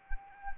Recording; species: mosquito wingbeat signal from an infrared sensor; Anopheles arabiensis